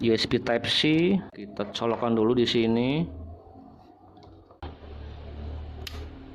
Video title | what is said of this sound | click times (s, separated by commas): KEMEI ® KM-1763 REVIEW - unboxing review & test #kemei | Oh, sampai bunyi cetek gitu guys. | 5.9 s